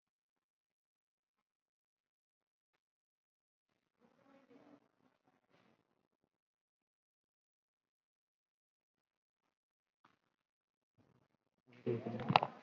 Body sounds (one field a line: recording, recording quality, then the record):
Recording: shallow breathing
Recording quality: poor, much background noise or distortion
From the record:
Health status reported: COVID-19 positive, mild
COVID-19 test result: positive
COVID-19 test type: RT-PCR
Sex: female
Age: 74 years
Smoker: no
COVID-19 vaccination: both doses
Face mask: not worn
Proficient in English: no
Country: India